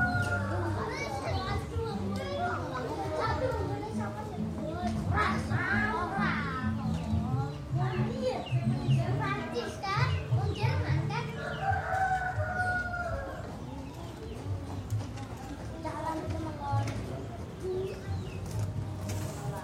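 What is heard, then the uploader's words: A village morning in Bojonegoro, East Java: a steady, dense murmur of many voices, with children's shouts and chatter rising and falling throughout. A low continuous hum sits underneath, and scattered clicks and knocks add texture, busiest in the first half. 印尼東爪哇-博約內哥羅區的鄉村早晨 Urban Soundscapes - East Java, a morning in Bojonegoro village recorded by Nigel Brown. 這是一個村落的早晨，穿過市集，圍繞著一所學校周邊，日常的聲景，向我們層層舖展開來。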